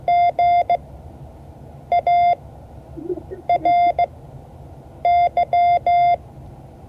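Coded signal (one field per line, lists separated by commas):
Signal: Morse code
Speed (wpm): 17 wpm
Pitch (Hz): 700 Hz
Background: none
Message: GARY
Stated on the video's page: Morse code class lesson, session 5 of 12.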